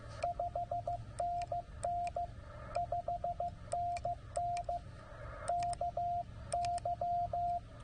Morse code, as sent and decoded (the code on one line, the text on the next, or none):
..... -. -. / ..... -. -. / -.- -.--
5NN 5NN KY